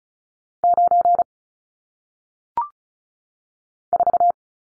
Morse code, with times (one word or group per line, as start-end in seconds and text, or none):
0.6-1.2 9
3.9-4.3 4